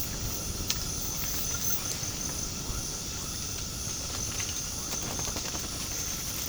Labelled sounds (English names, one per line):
none